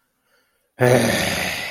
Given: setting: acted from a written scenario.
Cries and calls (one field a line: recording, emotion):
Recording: vocal sound without words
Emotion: anger